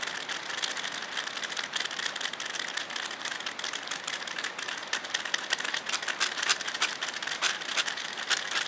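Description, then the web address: Oilbird calls, a dense continuous mass of harsh rattling clicks and screechy noise, with sharper click bursts growing more frequent toward the end. "sound Oilbird. صدای-مرغ-روغنی"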